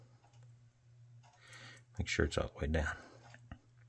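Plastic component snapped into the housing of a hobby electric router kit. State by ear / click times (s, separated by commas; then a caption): seated / 3.5 s. A plastic part is pressed down into the housing of a Tamiya Electric Handy Router hobby kit while someone talks. A sharp snap at 3.5 s marks the part seating fully into place.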